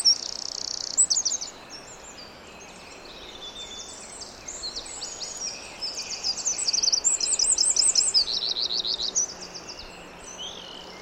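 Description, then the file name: Eurasian wren song, a loud, rapid outpouring of high, clipped notes with buzzy trills, swelling again after a lull into a dense, hurried phrase. "Troglodytes troglodytes"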